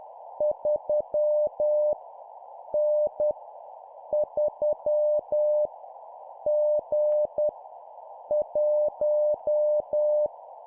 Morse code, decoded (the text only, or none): 3 N 3 G 1